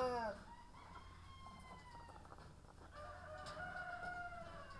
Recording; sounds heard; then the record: poultry house recording; sick chickens (respiratory disease)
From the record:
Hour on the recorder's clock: 19